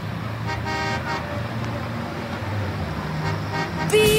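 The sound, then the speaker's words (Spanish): Car horns honk over a steady rumble of road traffic, with several short toots in the first seconds and a sharper, louder blast right at the end. “Que no le gusta andar por donde hay tráfico. Los coches le marean de tanto pitar.”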